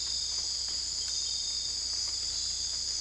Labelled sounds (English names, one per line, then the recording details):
none
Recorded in dense forest near Puerto Asís, Putumayo, Colombia, on 20 December 2024 at 02:00
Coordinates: 0.485, -76.318
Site GP03